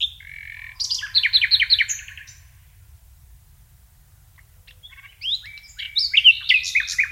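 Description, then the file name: Common nightingale singing a quick chattering phrase, a pause of about three seconds, then a varied burst of sharp chirps and whistles. "Luscinia megarhynchos"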